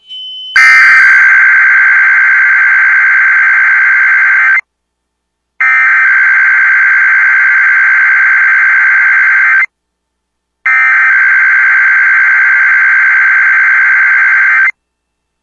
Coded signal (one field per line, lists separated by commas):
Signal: Emergency Alert System (SAME) tones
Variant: header bursts